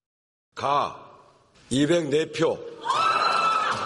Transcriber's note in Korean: 녹취: 탄핵소추안 가결 현장음